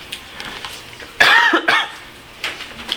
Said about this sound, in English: Today I have a pretty bad cold, so hopefully my voice lasts. Not to mention I'll have periodic bouts of coughing.